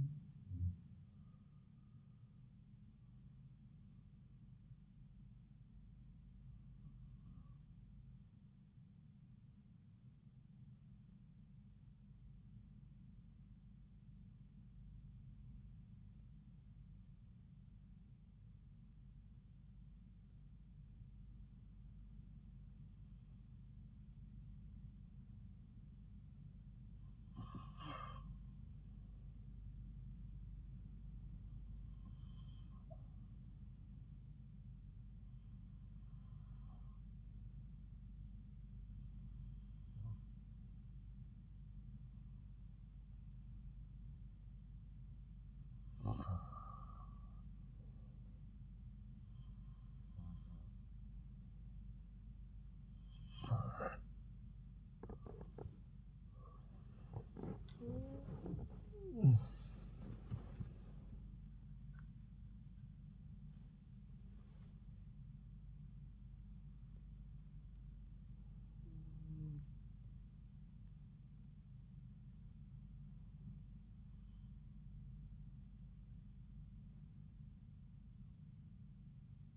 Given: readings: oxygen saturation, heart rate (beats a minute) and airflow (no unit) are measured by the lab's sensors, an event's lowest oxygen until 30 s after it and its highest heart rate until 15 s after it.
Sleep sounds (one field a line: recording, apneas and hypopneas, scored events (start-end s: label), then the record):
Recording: breathing in sleep by a smartphone at the bedside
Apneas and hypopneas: 1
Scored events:
10.00-40.00 s: new sleep stage, N1 (lightest sleep)
14.00-33.30 s: hypopnea (N1, oxygen 95% highest, then 89% lowest)
40.00-70.00 s: new sleep stage, N2 (light sleep)
70.00-79.57 s: new sleep stage, N1 (lightest sleep)
From the record:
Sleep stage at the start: N2 (light sleep)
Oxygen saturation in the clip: 88 to 95%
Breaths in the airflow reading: 19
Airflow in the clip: -8.8 to 11.9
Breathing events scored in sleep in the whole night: 270 in 6.1 hours asleep